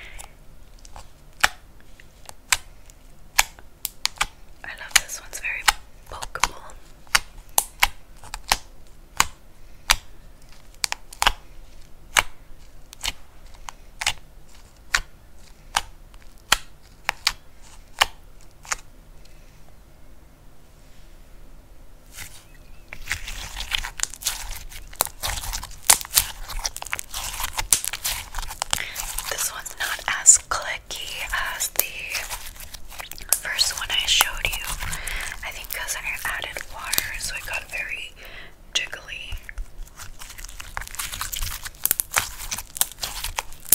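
Crunchy slime sounds: sharp isolated crackles for twenty seconds, a brief pause, then dense continuous crinkling and squishing until near the end.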